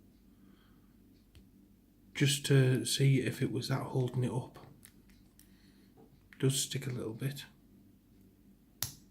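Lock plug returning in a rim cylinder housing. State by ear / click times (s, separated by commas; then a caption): seated / 8.8 s. Someone talks while the plug of a gutted Avocet rim cylinder lock is turned in its housing, sticking a little as it moves. At 8.8 s the plug returns to its rest position with a single sharp click, seating back home.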